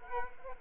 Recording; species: mosquito wingbeat signal from an infrared sensor; Culex quinquefasciatus